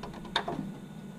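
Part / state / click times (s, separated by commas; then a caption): oil drain plug into engine oil pan / seated / 0.4 s. An oil drain plug is hand-tightened on an engine oil pan, turned all the way down until it gives a little click into its locked final position, which may not feel snug but will not come out. A few faint ticks from the turning lead up to one sharp, bright click at 0.4 s, followed by a softer tick and low background hum. The plug is seated.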